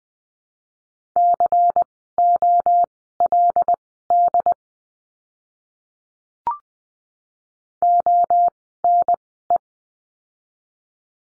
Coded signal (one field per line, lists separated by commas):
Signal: Morse code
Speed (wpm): 20 wpm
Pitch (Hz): 700 Hz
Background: none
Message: COLD ONE